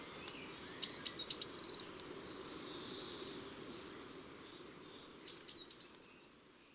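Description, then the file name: Eurasian blue tit calls: two bursts of very high, thin notes sliding downward, a few seconds apart, over a faint low hiss. Recorded in January. "Janvier La Mesange bleue"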